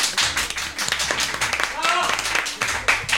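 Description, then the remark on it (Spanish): A few people clap for themselves in a quick, uneven patter that runs the whole time, with voices and a brief high vocal sound mixed in around the middle. “Qué triste aplaudirnos a nosotros mismos.”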